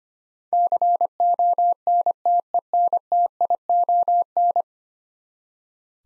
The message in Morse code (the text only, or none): CONTENTION